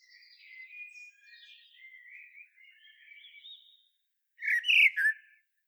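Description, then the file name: Common blackbird song: a long stretch of soft, squeaky, warbled twittering, then one loud fluty whistled phrase with a brief high chatter. "Turdus merula"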